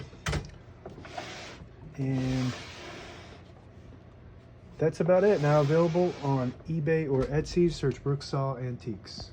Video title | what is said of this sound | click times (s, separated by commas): How to use all functions on a 1953 R.C. Allen model 700 vintage desktop typewriter | and put it back in you just line it up and then push it right back down it snaps right in | 0.3 s